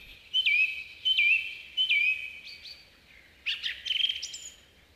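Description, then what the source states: Song Thrush song: a clear whistled phrase with a sharp downward flick repeated three times, then a new, more complex chattering phrase. Early May in coniferous forest; male sings from a spruce top, announcing presence to others of its species; striking after the long winter; dense repetition, each phrase repeated a few times before moving on.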